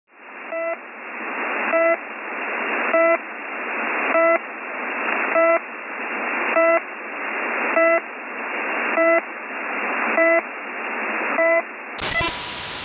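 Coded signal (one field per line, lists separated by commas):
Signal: channel marker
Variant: The Pip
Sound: short buzzy beeps repeating about 50 per minute over hissing radio noise, 9 beeps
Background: radio static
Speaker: while no messages are being sent the channels occupied by this continuous beeping signal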